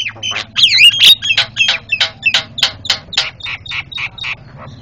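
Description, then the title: Javan myna giving a fast, loud series of harsh, grating notes mixed with whistled inflections. Noisy Javan myna calls used as master recording for training cage birds. "Jalak Kebo Master Suara Super Berisik Buat Masteran"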